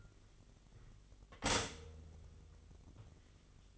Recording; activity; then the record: daily activity, microphone in the room; stop toaster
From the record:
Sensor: 4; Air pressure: 1002.7 hPa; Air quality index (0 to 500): 234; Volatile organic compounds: 16 ppm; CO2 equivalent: 2536 ppm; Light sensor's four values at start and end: 21/74/27/27 and 20/66/25/24